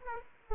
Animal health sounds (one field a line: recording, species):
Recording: mosquito wingbeat signal from an infrared sensor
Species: Aedes aegypti